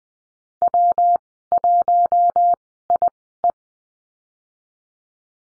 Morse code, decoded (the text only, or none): W1IE